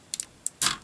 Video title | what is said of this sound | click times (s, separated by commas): Takara Transformers Adventures OPTIMUS PRIME: EmGo's Transformers Reviews N' Stuff | will snap into place right there and | 0.5 s, 0.6 s